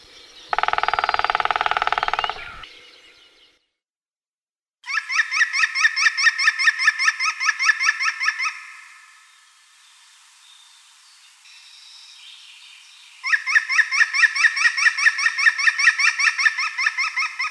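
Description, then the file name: European green woodpecker laughing call: loud runs of ringing notes in two bouts, after a harsh burst at the start. "dyatel-zelenyy-golos onbird ru"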